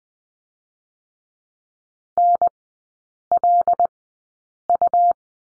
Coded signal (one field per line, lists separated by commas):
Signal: Morse code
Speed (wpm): 20 wpm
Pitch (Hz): 700 Hz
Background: none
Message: NLU